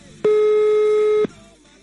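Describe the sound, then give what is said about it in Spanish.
A telephone ringing tone heard over a call line: one steady, loud electronic tone lasting about a second, mid-pitched and buzzy, then cutting off to quiet line noise. “A ver, está sonando el teléfono, está sonando el teléfono.”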